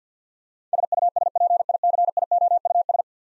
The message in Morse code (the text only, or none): SUSPICIOUS